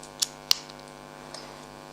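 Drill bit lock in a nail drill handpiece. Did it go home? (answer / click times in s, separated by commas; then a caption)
released / 0.2 s, 0.5 s. The collar of a small electric nail file handpiece is twisted to unlock the bit holder so the metal drill bit can be pulled out. Two sharp, short clicks sound at 0.2 s and 0.5 s over a steady low hum, followed by a faint tick near 1.4 s. The twist-lock clicks open and the bit is released.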